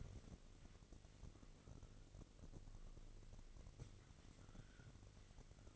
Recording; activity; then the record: daily activity, microphone in the room; wipe stove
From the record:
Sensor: 4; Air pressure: 1002.4 hPa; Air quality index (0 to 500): 216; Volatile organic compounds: 12 ppm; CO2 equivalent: 2328 ppm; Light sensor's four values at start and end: 18/66/24/24 and 19/67/24/24